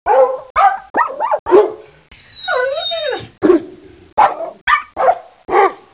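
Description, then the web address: Dog barking in a rapid series of sharp barks, broken midway by a long, wavering whine, then more spaced barks. Domestic dog. "特酷声音素材库 动物 家畜 狗 DOG"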